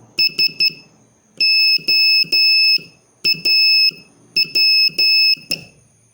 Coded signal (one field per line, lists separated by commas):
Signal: Morse code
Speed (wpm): 12 wpm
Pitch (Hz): 2600 Hz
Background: none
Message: SOAW